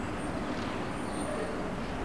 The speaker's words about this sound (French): des camions et des voitures